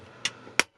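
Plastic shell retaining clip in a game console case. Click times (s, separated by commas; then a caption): 0.6 s. A screwdriver pries the last stubborn plastic retaining clip on an Xbox 360 console shell after a toothpick failed to release it. A sharp tap sounds at 0.3 s, then the clip snaps loose with a bright, crisp pop at 0.6 s, freeing the shell to come off.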